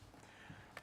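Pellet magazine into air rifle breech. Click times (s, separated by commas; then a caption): 0.8 s. A loaded rotary pellet magazine is slid sideways into the breech of an Air Venturi Avenger .25 caliber regulated PCP air rifle, fitting along a groove on its back and around the barrel that protrudes into the breech. A low, steady sliding rustle leads to a single sharp click at 0.8 s as the magazine seats and locks in.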